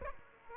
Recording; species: mosquito wingbeat signal from an infrared sensor; Aedes aegypti